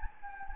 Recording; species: mosquito wingbeat signal from an infrared sensor; Anopheles gambiae